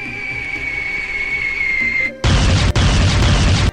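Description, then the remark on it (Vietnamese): A thin, steady whistle rises toward the sky for about two seconds, then a loud, dense burst of firework explosions and crackling bangs erupts in the distant sky over Songjiang Prefecture, briefly pausing once before continuing to roar. “Chẳng lẽ là pháo bông sao?”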